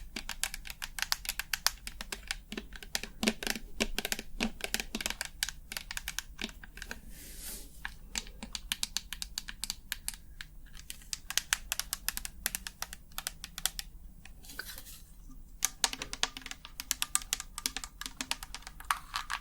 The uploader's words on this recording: ASMR 100% Tapping for the BEST Sleep ~ with long nails, no talking.